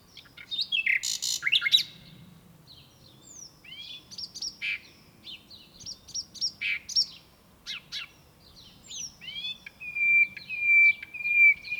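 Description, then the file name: Common nightingale song: varied chirps and rising notes in short phrases, closing on a sustained steady whistle. "Luscinia megarhynchos"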